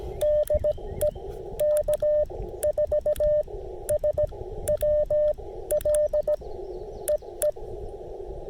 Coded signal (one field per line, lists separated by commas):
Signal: Morse code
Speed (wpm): 17 wpm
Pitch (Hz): 600 Hz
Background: none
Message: DE K4SWL EE